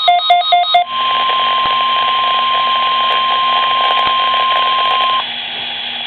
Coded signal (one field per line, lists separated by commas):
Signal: Emergency Alert System (SAME) tones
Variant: 1050 Hz attention tone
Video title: EAS RWT | Midland WR-120EZ